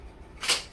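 A second handle section of a cordless electric spin scrubber is being pushed onto the first extension section, with a soft rising broadband scrape or slide peaking around 0.5 seconds over a quiet background. The clip ends before the section goes home, and nothing has locked into place yet.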